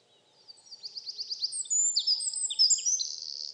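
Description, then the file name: Eurasian wren: a rising series of quick high notes building into a dense, ringing jumble of trills and whistles, cut off mid-song. "Troglodytes troglodytes"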